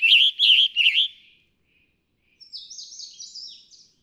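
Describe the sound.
Scarlet tanager song: three burry, husky phrases in a rapid run, followed after a pause by a higher, buzzy, scratchy series.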